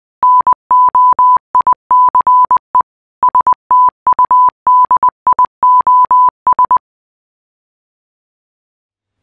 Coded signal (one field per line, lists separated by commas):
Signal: Morse code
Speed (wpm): 20 wpm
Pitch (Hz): 1000 Hz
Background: none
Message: NOICE STUDIOS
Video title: Morse | Fictional Short Film | Noice Studios | #lockdownfilmchallenge